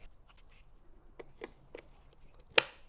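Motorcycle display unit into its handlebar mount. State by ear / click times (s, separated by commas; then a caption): seated / 2.6 s. A Carpuride 502S Pro motorcycle display unit is pushed onto its handlebar mount bracket on a Triumph Scrambler 1200 XE. A few faint ticks and scrapes come before a single loud, sharp snap at 2.6 s as it seats home. The unit is confirmed seated with a satisfying snap.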